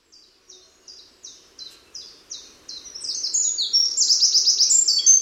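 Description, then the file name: Eurasian wren: spaced high notes roughly every 0.4 seconds build into a loud, explosive run of rapid trills and rattles. "Troglodytes troglodytes"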